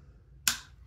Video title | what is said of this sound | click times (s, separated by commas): S24 Ultra vs S23 Ultra: Unfiltered First Impressions! | it kind of clicks into place, and then you can use this to hold the phone, or you can kind of set it like that. | 0.5 s